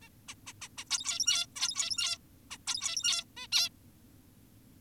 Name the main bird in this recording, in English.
Zebra Finch